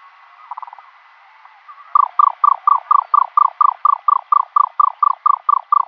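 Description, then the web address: Egyptian nightjar display call: a brief faint stutter, a pause, then a steady run of rapid knocking churrs. Male giving display call. "Schulze Peter Egyptian Nightjar"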